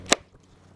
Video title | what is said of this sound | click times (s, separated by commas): hobie mirage sail kit | now it's locked so every time I pull it now from down here it'll stay and | 0.1 s